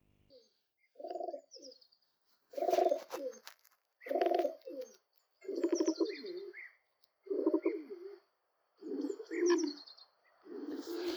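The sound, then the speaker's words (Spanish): White pigeons raising their chicks coo in San Antón in a steady series of about seven low, throaty phrases, each roughly a second long, with faint higher chirps and tweets mixed in. No one speaks. “Criando pichones blancos que madurarán iluminando este pago.”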